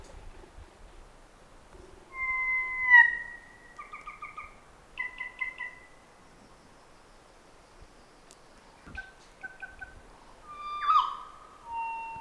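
Kokako: kōkako song: mellow, flute-like long tones with falling ends, short bursts of rapid pulsed notes, and a final swelling, sliding note.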